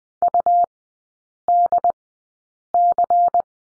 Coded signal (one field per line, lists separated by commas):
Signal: Morse code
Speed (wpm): 20 wpm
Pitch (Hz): 700 Hz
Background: none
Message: UDC